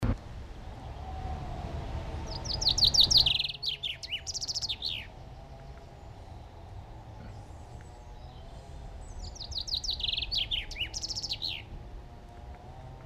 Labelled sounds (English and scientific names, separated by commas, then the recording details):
Common Chaffinch (Fringilla coelebs) song
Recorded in the wild
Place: Garmisch-Partenkirchen, Bayern, DE
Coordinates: 47.4958, 11.1297
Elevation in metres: 943
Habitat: mountains
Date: 1980-03-29
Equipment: Uher 4000 Report, Sennheiser MKH 815 T
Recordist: Tretzel, Erwin